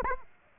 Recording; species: mosquito wingbeat signal from an infrared sensor; Aedes aegypti